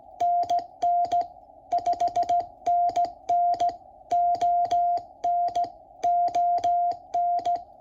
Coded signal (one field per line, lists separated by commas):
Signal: Morse code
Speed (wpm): 16 wpm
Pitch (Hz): 700 Hz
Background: music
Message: NN 5NN ON ON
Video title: Working WA9AQN 20m August 2024